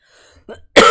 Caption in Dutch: Ik heb zo'n vervelende kriebelhoest en die wordt in de avond alleen maar erger.